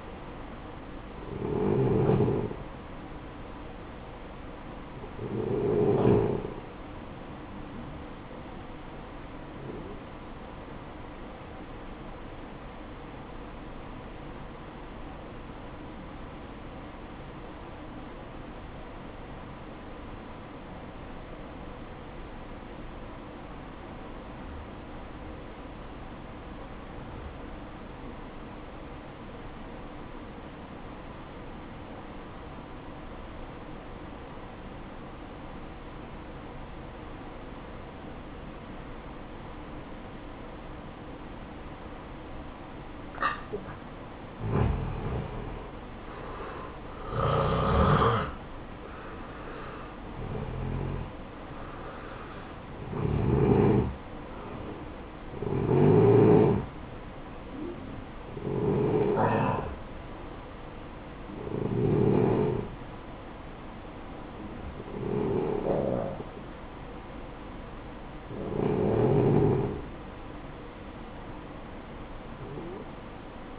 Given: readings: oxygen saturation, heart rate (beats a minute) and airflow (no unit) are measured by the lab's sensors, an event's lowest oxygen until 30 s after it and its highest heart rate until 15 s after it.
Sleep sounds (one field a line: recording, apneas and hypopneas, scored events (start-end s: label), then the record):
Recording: breathing in sleep by a voice recorder at the bedside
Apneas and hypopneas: 1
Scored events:
14.00-46.50 s: obstructive apnea (N1, oxygen 94% highest, then 90% lowest, heart rate 54 at the start, 67 highest)
From the record:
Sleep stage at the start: N1 (lightest sleep)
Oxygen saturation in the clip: 89 to 94%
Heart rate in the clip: 53 to 67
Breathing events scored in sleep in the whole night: 573 in 9.8 hours asleep